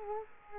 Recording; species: mosquito wingbeat signal from an infrared sensor; Culex quinquefasciatus